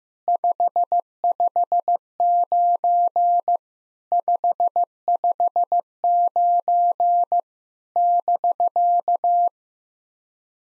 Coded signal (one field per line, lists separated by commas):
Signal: Morse code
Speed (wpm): 14 wpm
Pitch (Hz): 700 Hz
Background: none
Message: 559 559 <BK>